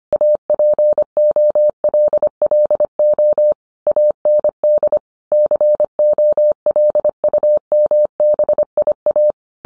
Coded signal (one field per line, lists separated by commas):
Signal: Morse code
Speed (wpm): 25 wpm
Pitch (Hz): 600 Hz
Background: none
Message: APOLLO AND COLUMBIA